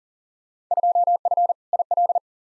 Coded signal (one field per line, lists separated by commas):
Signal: Morse code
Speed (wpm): 40 wpm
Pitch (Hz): 700 Hz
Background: none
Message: 2F IL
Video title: Field Day Exchange v2 - 40wpm